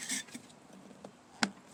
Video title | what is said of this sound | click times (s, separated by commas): Biolite stove review | you go. Snaps into place. We're all nice and tight here. | 1.4 s